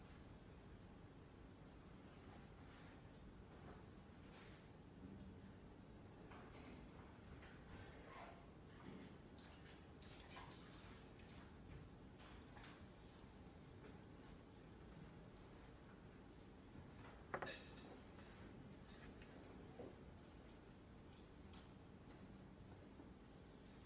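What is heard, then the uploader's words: A library in Glasgow with a steady low hum filling the room. Faint murmurs, soft shuffles and small knocks come and go. A sharp clack lands at about 17 seconds, the loudest moment, and a few quieter taps follow near 20 seconds. Glasgow library. (university of glasgow).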